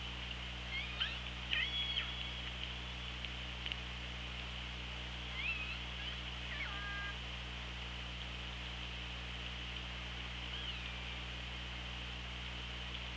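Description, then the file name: Killer whale pulsed calls, a few sharp bending tones with stacked harmonics early on and another group midway, against steady underwater hiss and droning hum. Recorded on an OrcaLab hydrophone, 24 August 2017 at 15:49. "Orca Lab UTLN JASON 20170824 154929"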